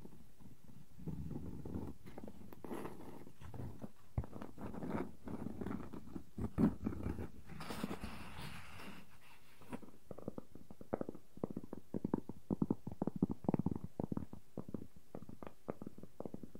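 Wooden objects tap and scratch in a busy, uneven run of short knocks, mostly low and dull. Around the eighth to tenth second a brighter, hissing scrape takes over, then quick, irregular taps resume more sharply until the end.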